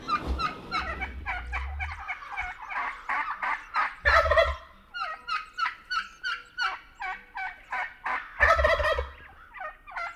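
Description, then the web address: Wild turkey gobbling, rapid bursts of hooked, rattling notes with several loud gobbles near the start, middle and end. "Songs of Birds of North America Know Your Bird Sounds Common Western Species. Wild Turkey"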